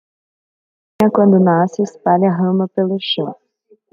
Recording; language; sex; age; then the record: short text; Brazilian Portuguese; female; 20 to 29 years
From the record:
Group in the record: control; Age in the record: 23 years